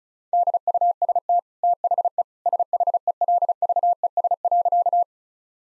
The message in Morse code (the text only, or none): DUST THE SHELVES.